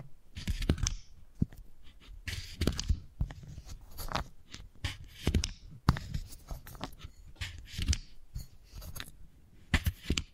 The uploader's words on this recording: ASMR Brain Tingly Wooden Ball Triggers (No Talking).